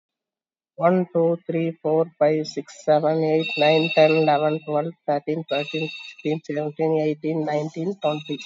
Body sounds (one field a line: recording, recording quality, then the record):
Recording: counting at a normal pace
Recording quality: excellent, no background noise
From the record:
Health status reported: COVID-19 positive, mild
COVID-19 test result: positive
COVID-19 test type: RT-PCR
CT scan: taken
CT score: 4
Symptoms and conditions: cold, breathing difficulty, sore throat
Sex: female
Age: 64 years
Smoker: no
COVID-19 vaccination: one dose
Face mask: not worn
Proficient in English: yes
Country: India